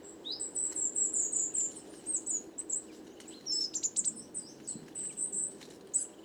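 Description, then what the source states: Coal tits calling steadily, many overlapping thin high-pitched notes and short trills from several birds, with faint clicks and low background hum. Flock of over 50 Coal tits, 29 September 2019, evening, Les Casses, Drôme; recorded in mono with a Wildtronic parabolic dish, which caused heavy handling noise.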